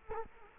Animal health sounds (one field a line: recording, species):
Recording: mosquito wingbeat signal from an infrared sensor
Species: Culex quinquefasciatus